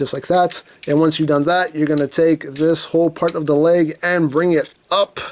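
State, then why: Not seated. A plastic leg section of a transforming action figure is being handled toward its hip joint while someone talks over it. There are no distinct mechanical sounds, and nothing has seated or clicked into place yet.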